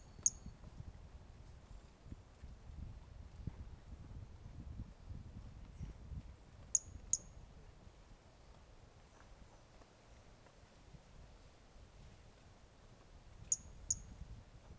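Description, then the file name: Brachycephalus mirissimus uttering high, brief peeps, one at the start, then two paired notes twice, separated by long gaps, over a low rumbling background. Recorded 18 January 2018; individual 05; the two initial notes of the call are missing; specimen not collected. "Brachycephalus mirissimus 18 jan 2018 individual 05 ex 05 two initial notes missing L F Ribeiro not collected"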